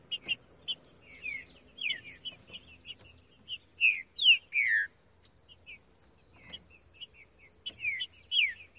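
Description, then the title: Green-winged Saltator song: a steady run of bright, descending whistled slurs, some louder and longer, with a faint steady hum behind. Singing in the bush; recording used to make a trinca-ferro sing and to warm it up (esquentar); song type 'voz 10'. "Canto De Trinca Ferro Voz 10. TRINCA FERRO CANTANDO NO MATO. ESQUENTAR TRINCA FERRO"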